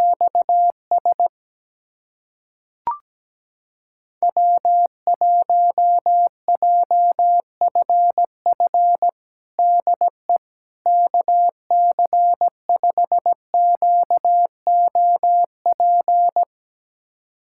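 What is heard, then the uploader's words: A call sign pair sent in Morse code: a single steady mid-pitched tone keyed on and off in short dots and longer dashes. A brief sharp click near three seconds is followed by a pause, then continuous keying runs to about sixteen seconds. USA Callsign DE Callsign 17wpm. First, the call sign pair is sent in Morse code.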